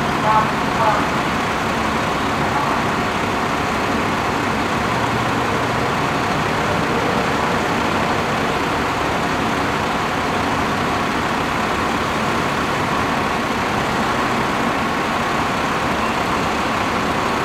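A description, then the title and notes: A bus waits to depart, its idling engine giving a steady, dense rumble that barely changes across the whole stretch. A low hum runs underneath, and faint, indistinct voices seem to drift through the wash of sound, with a slightly busier moment right at the start. Bus Waiting to Depart Ambience.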